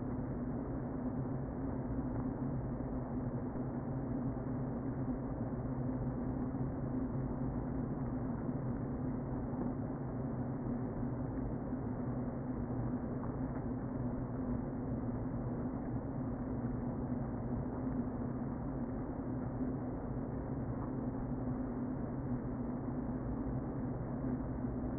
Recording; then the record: honeybee colony, microphone inside the hive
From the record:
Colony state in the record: queen present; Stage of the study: before two queens were removed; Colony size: about 60,000 bees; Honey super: yes